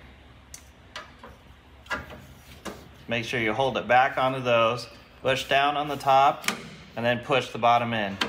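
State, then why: Not seated. A headlight retaining ring on a 1962 Austin Healey Sprite Mark II is held and lined up above the two upper clips on the headlight bucket before being pushed home, giving only light handling ticks around 0.5, 1.0, 1.2 and 2.7 seconds. Someone talks through the rest of the clip. Nothing has seated or clicked yet.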